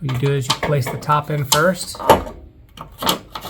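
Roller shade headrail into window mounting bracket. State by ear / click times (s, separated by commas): not seated / none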